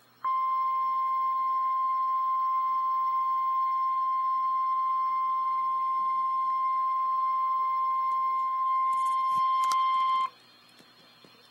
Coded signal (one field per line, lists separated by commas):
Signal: Emergency Alert System (SAME) tones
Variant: 1050 Hz attention tone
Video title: REAL EAS 323-Severe thunderstorm warning